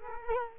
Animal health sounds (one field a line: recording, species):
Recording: mosquito wingbeat signal from an infrared sensor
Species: Culex quinquefasciatus